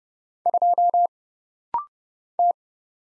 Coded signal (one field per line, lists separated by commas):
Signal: Morse code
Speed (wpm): 30 wpm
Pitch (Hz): 700 Hz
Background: none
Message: 2 T